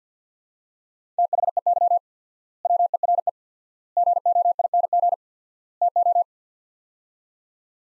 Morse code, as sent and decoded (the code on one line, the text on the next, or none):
- .... . -.-- / .-- . .-. . / --. --- .. -. --. / - ---
THEY WERE GOING TO